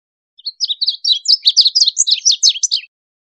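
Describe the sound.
Bird giving a fast, busy series of high twittering chirps lasting roughly two and a half seconds, with no other sounds.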